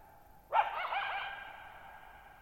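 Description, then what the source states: Coyote giving a single rough, wavering bark-yelp that echoes on for over a second and a half. Lone wild coyote at night, July 14, 2019, Thirtymile Meadows, Okanogan National Forest, Pacific Northwest, 1950 m; open shallow-bowl meadow with boggy ground, very quiet, long reverberation.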